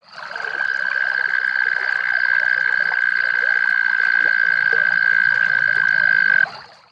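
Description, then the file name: Arroyo toad giving a long, steady, high-pitched musical trill lasting about six seconds without a break, then stopping abruptly. "bcalifornicus"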